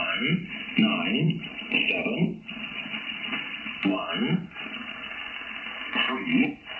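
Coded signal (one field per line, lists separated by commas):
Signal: numbers station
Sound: short spoken words over shortwave radio, separated by brief pauses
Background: radio static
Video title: Cross Country Wireless SDR receives Numbers Station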